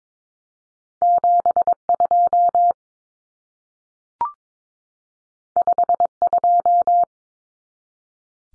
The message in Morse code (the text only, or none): 72 52